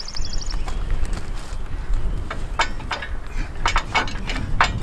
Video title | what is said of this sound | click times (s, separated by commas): 3 Point Conversion Hitch for Allis Chalmers Tractor | now it's snapped in place | 4.6 s